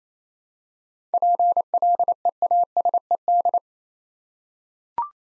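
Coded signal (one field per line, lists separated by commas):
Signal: Morse code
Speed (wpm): 28 wpm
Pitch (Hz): 700 Hz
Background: none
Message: PLEASED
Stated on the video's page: Morse practice at 28 wpm sending seven-letter words for head-copy, each word sent twice.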